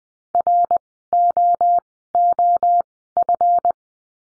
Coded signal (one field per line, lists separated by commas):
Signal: Morse code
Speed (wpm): 20 wpm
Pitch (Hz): 700 Hz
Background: none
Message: ROOF